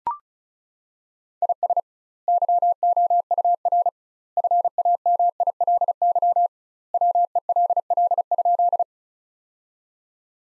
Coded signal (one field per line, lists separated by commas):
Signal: Morse code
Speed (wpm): 34 wpm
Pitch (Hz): 700 Hz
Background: none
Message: IS YOUR FAMILY WELL?